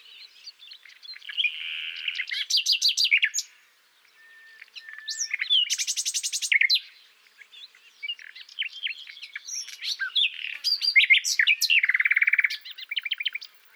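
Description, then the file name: Common nightingale song in three bursts of sharp notes, whistles and very fast rattling trills, separated by brief pauses. "Luscinia megarhynchos"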